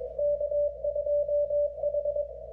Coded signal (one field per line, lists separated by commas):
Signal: Morse code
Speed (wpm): 23 wpm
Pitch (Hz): 580 Hz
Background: radio noise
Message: K2H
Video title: CW etiquette for Special Event Stations and DX